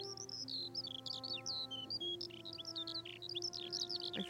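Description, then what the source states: Eurasian skylark pouring out rapid, high chirping and twittering notes nonstop, with a low droning hum beneath. Larks singing overhead in a meadow on a hill outside Malahide, Ireland; skylarks said to ascend up to 100 metres and have over 300 syllables in their repertoire.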